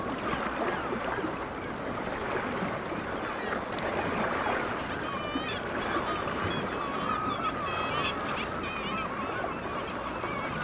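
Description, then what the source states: Black-legged kittiwake chorus of harsh, wavering nasal calls, with clearer repeated up-and-down cries standing out in the second half over constant rushing noise. Kittiwakes recorded at Dunbar.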